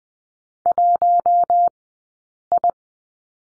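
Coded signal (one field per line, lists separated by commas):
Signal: Morse code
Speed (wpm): 20 wpm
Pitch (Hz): 700 Hz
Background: none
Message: 1 I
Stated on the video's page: Morse lesson on the number 1 in two-character groups, Farnsworth spacing 20/10 wpm.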